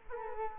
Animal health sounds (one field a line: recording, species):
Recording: mosquito wingbeat signal from an infrared sensor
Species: Culex quinquefasciatus